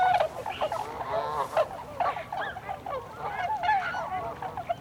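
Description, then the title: Tundra swan calls, several clear bugling hoots over a softer background chorus of more swans. Recorded 26 December 2020; several tundra swans. "2020-12-26-Tundra-Swans"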